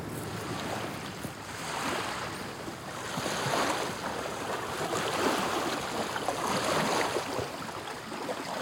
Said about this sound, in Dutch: Er komt een boot met een symbolische naam langs. Ja. Volharding. Alsof we hem besteld hebben.